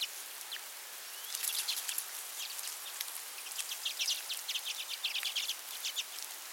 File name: Acanthis flammea - Common Redpoll